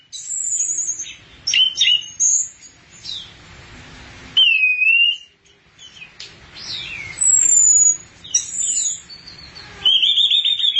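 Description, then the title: Thrush song made of varied whistled phrases, slurred notes and trills, given in bursts with short gaps, mostly high-pitched. "burung anis x"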